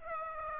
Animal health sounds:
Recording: mosquito wingbeat signal from an infrared sensor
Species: Aedes aegypti

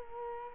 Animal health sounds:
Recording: mosquito wingbeat signal from an infrared sensor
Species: Culex quinquefasciatus

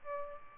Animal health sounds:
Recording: mosquito wingbeat signal from an infrared sensor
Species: Aedes albopictus

